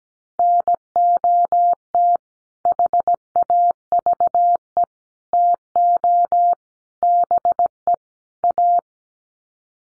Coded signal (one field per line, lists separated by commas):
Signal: Morse code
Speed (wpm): 17 wpm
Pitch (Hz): 700 Hz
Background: none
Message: NOT HAVE TO BE A